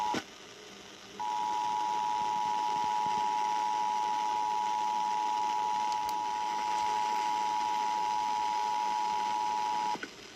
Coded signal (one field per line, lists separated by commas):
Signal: Emergency Alert System (SAME) tones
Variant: 853 and 960 Hz attention tone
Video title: Iowa EAS Required Monthly Test and WHO (AM) RWT (December 4, 2019)